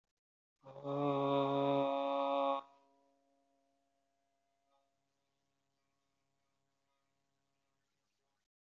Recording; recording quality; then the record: sustained vowel as in boot; excellent, no background noise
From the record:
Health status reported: healthy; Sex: male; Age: 22 years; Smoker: no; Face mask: not worn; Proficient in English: yes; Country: India